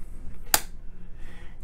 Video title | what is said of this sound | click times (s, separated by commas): WWII Johnson Model 1941 Rifle- Part 3 | push it till it locks into place and then | 0.5 s